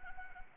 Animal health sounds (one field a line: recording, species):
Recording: mosquito wingbeat signal from an infrared sensor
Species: Anopheles arabiensis